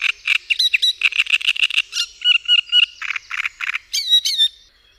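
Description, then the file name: Great reed warbler song: a long, busy run of grating, chattering notes mixed with creaky repeated phrases and a few high, squeaky whistles near the end. "Trzciniak"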